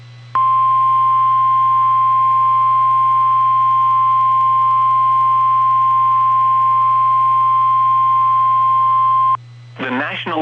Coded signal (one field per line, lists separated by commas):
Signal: Emergency Alert System (SAME) tones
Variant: 1050 Hz attention tone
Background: speech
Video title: Severe Thunderstorm Warning (New Haven, Middlesex County, CT) (5/15/20) [EAS #20]